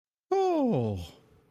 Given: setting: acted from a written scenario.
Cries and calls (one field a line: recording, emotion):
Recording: vocal sound without words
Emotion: adoration